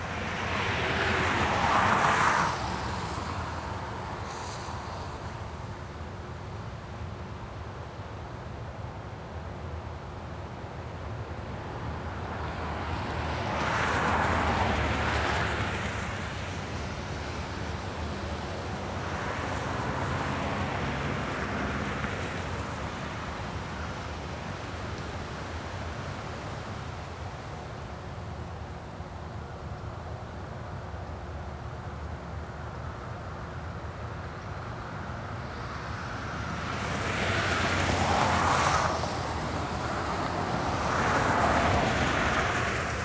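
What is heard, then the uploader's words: Cars pass by on a wet road, each one a hissing swell of tire spray rising and fading, loudest around 2, 14, 20, 38 and 42 seconds. Between passes a steady low rumble of traffic fills the background. Wet Road Traffic.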